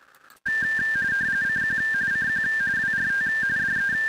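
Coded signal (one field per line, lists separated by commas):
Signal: RTTY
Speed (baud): 45.45 baud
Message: CQ CQ WRT DE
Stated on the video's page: Weekly RTTY contest on an FTDX10 at 40 watts into a Palomar Bullet 71 ft end-fed antenna.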